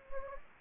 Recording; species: mosquito wingbeat signal from an infrared sensor; Anopheles gambiae